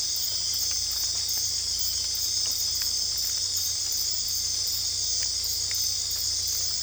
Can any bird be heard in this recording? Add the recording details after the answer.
no. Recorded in dense forest near Puerto Asís, Putumayo, Colombia, on 22 December 2024 at 20:30. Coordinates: 0.485, -76.318. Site GP03